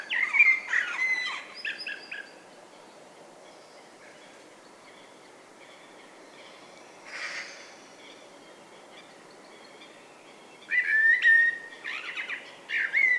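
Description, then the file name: Common blackbird giving fluted whistling phrases with high twittering tails at the start and end, a soft brief noise in the middle, otherwise quiet. "Turdus merula"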